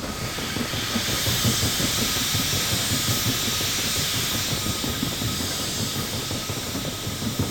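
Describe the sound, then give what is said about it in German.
A steamship engine wheezes and hisses without pause as the ship moves through fog on a still ocean, a broad steady rush of steam over a fast, rhythmic low chugging that keeps an even loudness throughout, with no voices. “In diesem Schweigen hatte das Röcheln des Dampfers etwas Beunruhigendes und Klagendes.”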